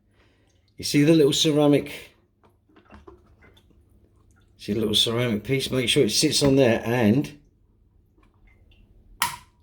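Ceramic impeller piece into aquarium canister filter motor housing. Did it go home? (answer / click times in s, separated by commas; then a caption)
yes / 9.2 s. The ceramic impeller shaft piece of a Fluval 307/407 aquarium canister filter is pressed into the motor housing while someone talks, with faint handling noises in between. It seats with a sharp click at 9.2 s, which it needs to do to keep the motor from being noisy.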